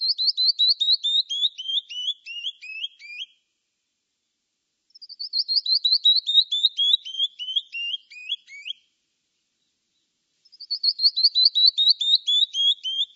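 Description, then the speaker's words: Canyon Wren song, three cascades of clear whistled notes sliding down the scale, with silent gaps between. Cascading song that reverberates off rocky cliffs and slopes; heard year-round throughout Utah and neighboring states, particularly in canyons with rocky walls. "but it belts out a cascading song big enough to reverberate off the rocky cliffs and slopes"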